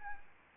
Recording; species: mosquito wingbeat signal from an infrared sensor; Anopheles arabiensis